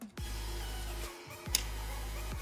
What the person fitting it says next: okay they just snap in place so hopefully these won't come apart